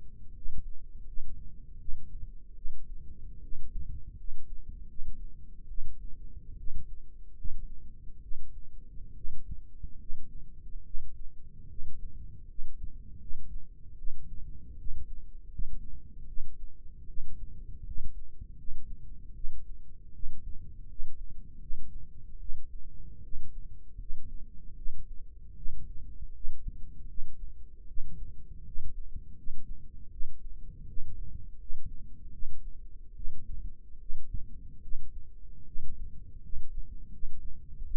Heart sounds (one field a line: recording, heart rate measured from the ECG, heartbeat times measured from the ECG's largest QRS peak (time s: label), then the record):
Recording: heart sounds by microphone in the right ear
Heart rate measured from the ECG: 77 bpm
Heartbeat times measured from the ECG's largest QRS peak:
0.32 s: heartbeat
1.04 s: heartbeat
1.77 s: heartbeat
2.54 s: heartbeat
3.40 s: heartbeat
4.15 s: heartbeat
4.86 s: heartbeat
5.66 s: heartbeat
6.55 s: heartbeat
7.34 s: heartbeat
8.20 s: heartbeat
9.13 s: heartbeat
9.97 s: heartbeat
10.83 s: heartbeat
11.66 s: heartbeat
12.45 s: heartbeat
13.18 s: heartbeat
13.95 s: heartbeat
14.75 s: heartbeat
15.48 s: heartbeat
16.25 s: heartbeat
17.05 s: heartbeat
17.83 s: heartbeat
18.55 s: heartbeat
19.33 s: heartbeat
20.11 s: heartbeat
20.86 s: heartbeat
21.58 s: heartbeat
22.37 s: heartbeat
23.20 s: heartbeat
23.96 s: heartbeat
24.74 s: heartbeat
25.54 s: heartbeat
26.31 s: heartbeat
27.06 s: heartbeat
27.85 s: heartbeat
28.63 s: heartbeat
29.34 s: heartbeat
30.09 s: heartbeat
30.85 s: heartbeat
31.56 s: heartbeat
32.30 s: heartbeat
33.13 s: heartbeat
33.97 s: heartbeat
34.80 s: heartbeat
35.63 s: heartbeat
36.39 s: heartbeat
37.09 s: heartbeat
37.82 s: heartbeat
From the record:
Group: healthy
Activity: cold pressor test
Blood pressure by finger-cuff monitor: 72/47 mmHg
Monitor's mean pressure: 57 mmHg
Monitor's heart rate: 77 bpm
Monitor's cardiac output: 6.4 L/min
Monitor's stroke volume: 83 mL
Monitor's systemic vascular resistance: 630 dyn s/cm5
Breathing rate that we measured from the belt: 22 breaths a minute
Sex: female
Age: 22 years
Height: 163 cm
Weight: 67.1 kg